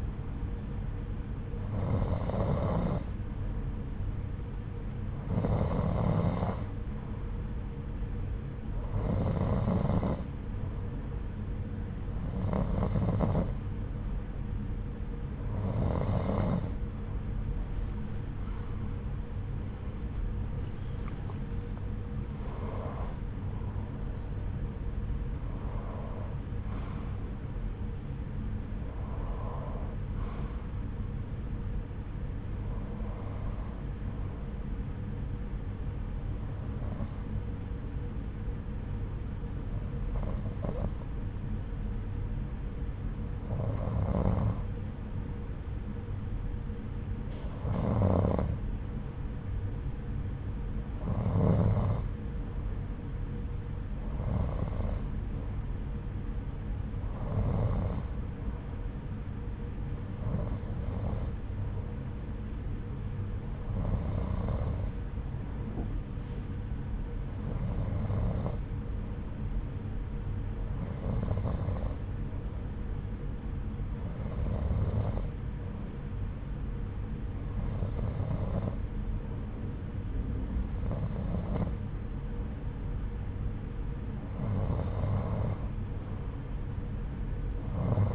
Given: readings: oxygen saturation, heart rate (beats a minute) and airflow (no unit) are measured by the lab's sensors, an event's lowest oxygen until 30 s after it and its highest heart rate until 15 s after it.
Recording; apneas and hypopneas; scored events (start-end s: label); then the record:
breathing in sleep by a smartphone at the bedside; 1
7.00-19.70 s: hypopnea (N2, oxygen 91% highest, then 90% lowest)
9.00-69.00 s: new sleep stage, N1 (lightest sleep)
69.00-88.15 s: new sleep stage, N2 (light sleep)
From the record:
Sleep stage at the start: N2 (light sleep); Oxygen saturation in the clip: 90 to 93%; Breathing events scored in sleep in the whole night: 303 in 8.1 hours asleep